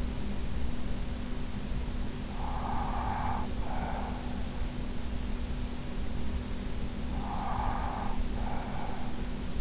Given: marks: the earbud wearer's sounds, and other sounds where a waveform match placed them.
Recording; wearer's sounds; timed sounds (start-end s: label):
sounds in sleep by an in-ear microphone; breath
1.85-4.47 s: breath
6.84-9.61 s: breath